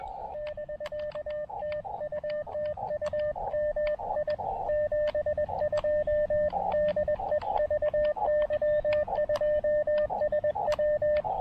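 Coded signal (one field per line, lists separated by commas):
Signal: Morse code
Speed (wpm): 20 wpm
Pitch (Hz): 590 Hz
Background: radio noise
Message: <BK> TU TU MI 72 DE VY2SW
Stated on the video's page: Portable QRP POTA park activation with DX contacts, using an Elecraft KX2 and a TufteIn random wire antenna.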